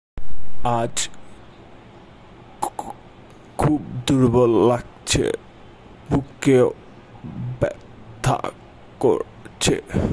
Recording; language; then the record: elicited speech; Bengali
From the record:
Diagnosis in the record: Broca's or global aphasia after a stroke